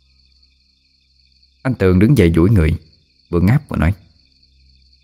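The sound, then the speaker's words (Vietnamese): Crickets chirp in the distance around a silent house, a steady, thin, high-pitched trill running through the whole stretch, faint beneath a voice that speaks in two short bursts. “Sự yên tĩnh bao trùm lên ngôi nhà, bốn bề chỉ có tiếng dế kêu xa xa vọng lại.”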